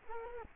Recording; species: mosquito wingbeat signal from an infrared sensor; Culex quinquefasciatus